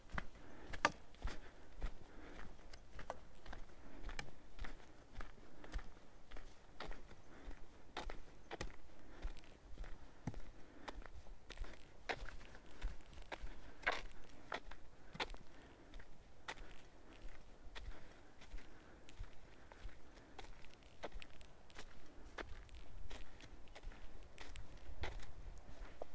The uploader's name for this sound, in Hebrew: טיול יומי ביער